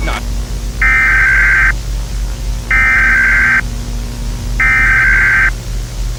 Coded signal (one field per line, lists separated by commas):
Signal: Emergency Alert System (SAME) tones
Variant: header bursts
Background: speech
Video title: EAS SCENARIO: AMBUSHER